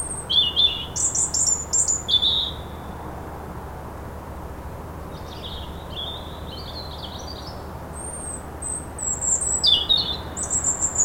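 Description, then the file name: European robin singing high, thin warbled phrases with sharp trills and sliding whistles, a quiet pause, then softer notes and another bright phrase near the end; low steady background hum. "Erithacus rubecula"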